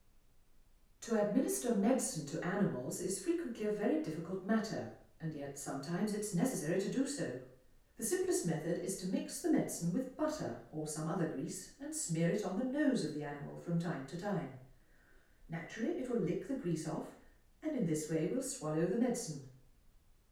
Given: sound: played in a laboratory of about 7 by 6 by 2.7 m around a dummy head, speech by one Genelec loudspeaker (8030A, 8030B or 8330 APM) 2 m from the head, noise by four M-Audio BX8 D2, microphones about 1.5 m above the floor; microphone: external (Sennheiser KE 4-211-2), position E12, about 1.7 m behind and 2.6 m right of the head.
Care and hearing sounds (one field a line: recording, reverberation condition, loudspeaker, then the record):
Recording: female speech in English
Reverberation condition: medium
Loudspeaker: in front (0 degrees)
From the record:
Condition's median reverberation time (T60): about 510 ms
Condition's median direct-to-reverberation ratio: about -0.5 dB